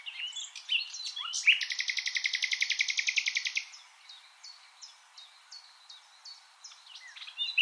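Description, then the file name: Common nightingale song opens with chirps, then a loud, rapid, buzzy rattle of about two seconds. Thin, high, repeated notes continue afterwards. "Luscinia megarhynchos"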